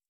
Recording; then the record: hydrophone in a shrimp aquaculture tank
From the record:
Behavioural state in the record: stressed